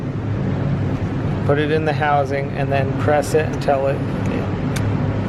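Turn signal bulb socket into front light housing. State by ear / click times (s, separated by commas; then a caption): seated / 4.8 s. A turn signal bulb socket on a 2013–2019 Nissan Sentra is put into the front plastic light housing and pressed in by hand while someone talks over a low steady hum. A short, sharp click at 4.8 s confirms the socket has snapped into place.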